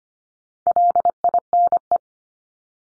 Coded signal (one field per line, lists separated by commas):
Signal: Morse code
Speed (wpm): 25 wpm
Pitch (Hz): 700 Hz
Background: none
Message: LINE